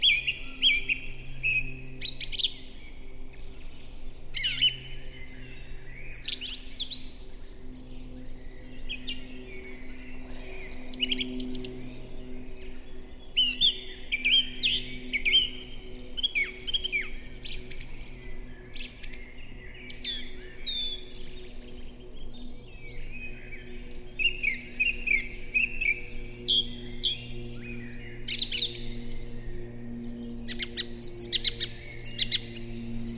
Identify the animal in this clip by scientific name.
Turdus philomelos